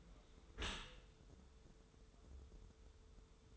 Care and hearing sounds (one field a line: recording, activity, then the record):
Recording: daily activity, microphone in the room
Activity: close dishwasher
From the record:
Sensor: 3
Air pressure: 1015.0 hPa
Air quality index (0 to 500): 35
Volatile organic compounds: 1 ppm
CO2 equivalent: 561 ppm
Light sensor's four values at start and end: 11/26/11/11 and 11/26/11/11